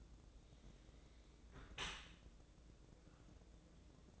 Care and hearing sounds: daily activity, microphone in the room; close dishwasher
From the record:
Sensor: 3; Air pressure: 1012.3 hPa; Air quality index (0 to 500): 161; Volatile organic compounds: 2 ppm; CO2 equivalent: 1233 ppm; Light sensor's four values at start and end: 466/1143/470/464 and 465/1139/469/462

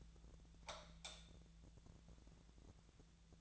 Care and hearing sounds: daily activity, microphone in the room; light off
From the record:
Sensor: 3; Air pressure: 1000.0 hPa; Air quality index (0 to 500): 124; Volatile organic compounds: 2 ppm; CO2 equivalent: 1108 ppm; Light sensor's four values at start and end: 32/83/35/37 and 29/75/31/34

